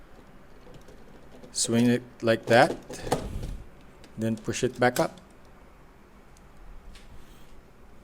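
Someone talks while handling the retractable centre leg of a plastic brick-built LEGO Star Wars R2-D2 Ultimate Collector's Series 75308 droid model, swinging it so it can be pushed back up into the body. Only faint handling noises are heard under the speech, and nothing has seated or clicked into place yet.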